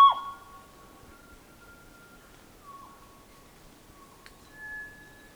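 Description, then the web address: Kokako call: a sharp, sliding opening note, then one long, steady, pure tone fading quietly, with a brief higher note near the end. "sound kōkako. دانلود-صدای-پرنده-کوکاکو"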